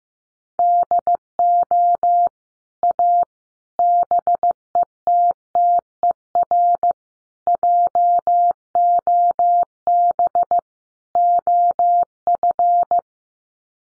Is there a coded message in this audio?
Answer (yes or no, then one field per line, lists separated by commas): yes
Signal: Morse code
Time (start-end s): 0.6-13.0 s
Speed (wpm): 15 wpm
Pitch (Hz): 700 Hz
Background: none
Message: DO A BETTER JOB OF